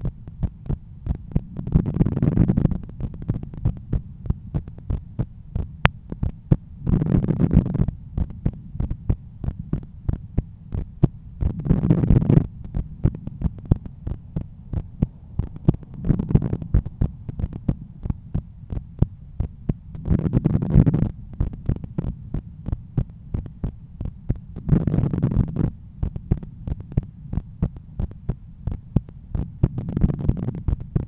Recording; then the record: heart sounds by stethoscope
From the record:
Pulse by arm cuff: 92 bpm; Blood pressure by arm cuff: 135/85 mmHg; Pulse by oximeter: 93 bpm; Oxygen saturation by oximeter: 94%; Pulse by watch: 91 bpm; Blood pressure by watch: 125/81 mmHg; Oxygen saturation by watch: 97%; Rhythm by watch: sinus rhythm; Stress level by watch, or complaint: low stress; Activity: after 5 min smoking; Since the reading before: 1h sleeping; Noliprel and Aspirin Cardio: after pills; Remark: SpO2 switched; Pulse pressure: 50 mmHg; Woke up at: 7:20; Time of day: 12:28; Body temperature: 35.8 C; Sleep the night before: 8 h 11 min, score 61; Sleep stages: REM 22%, light 68%, deep 3%, awake 7%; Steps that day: 9500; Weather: sunny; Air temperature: 25.5 C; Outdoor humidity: 54%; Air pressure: 1016 hPa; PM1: 7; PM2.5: 11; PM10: 12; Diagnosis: hypertension, treated with Noliprel and Aspirin Cardio 100 mg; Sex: male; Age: 53 years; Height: 174 cm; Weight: 81 kg